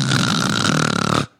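A single harsh, rattling snore-like sound lasts just over a second, with a rapid fluttering vibration that grows more distinct before it cuts off abruptly. An adult woman is imitating her husband's loud snoring rather than snoring in sleep; his snoring continues through an anti-snoring mouth guard and keeps her from sleeping next to him even with earplugs.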